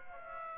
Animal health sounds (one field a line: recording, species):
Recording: mosquito wingbeat signal from an infrared sensor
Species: Aedes aegypti